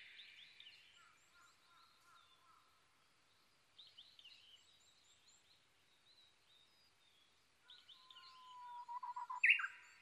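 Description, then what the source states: Japanese bush warbler song near the end, a held whistle breaking into pulsed notes and a sharp flourish, after several seconds of scattered chirps from other birds. Recorded 22 May 2011 at 05:58.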